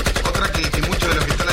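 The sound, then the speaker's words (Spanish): Rapid, sustained bursts of automatic gunfire rattle on without pause, each sharp crack following the last about ten times a second. The loud barrage plays alone with no talking. “Ah, le andaba a los tiros todo el día.”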